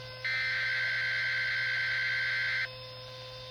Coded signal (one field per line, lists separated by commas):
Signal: Emergency Alert System (SAME) tones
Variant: header bursts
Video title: Requested Video: EAS Tone Test For " An EAS Has Been Issued"